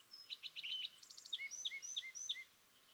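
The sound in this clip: California thrasher song: a quick string of squeaky chirps followed by paired high and low slurred notes, repeated about four times.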